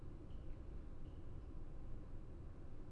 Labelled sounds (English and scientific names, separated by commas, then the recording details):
none
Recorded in Germany
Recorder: ecoPi